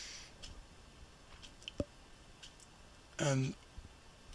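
A plastic screen bezel is pressed back onto the lid of an Aspire One D255E-13605 laptop, starting at the edges and pressing firmly on both sides and then the middle. Its clips snap into the lid with sharp clicks at 1.7 and 1.8 seconds, and the bezel is seated. Someone talks briefly near the end.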